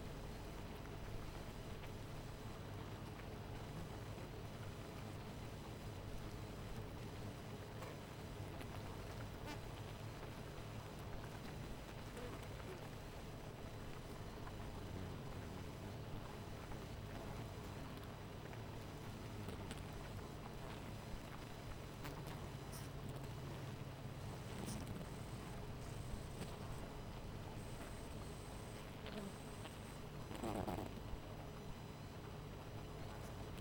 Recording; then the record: honeybee colony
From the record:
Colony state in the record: missing queen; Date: 14 July 2017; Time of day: 18:41